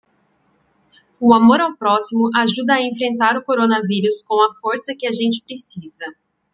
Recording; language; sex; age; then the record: spoken sentence; Brazilian Portuguese; female; 30 to 39 years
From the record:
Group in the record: control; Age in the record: 31 years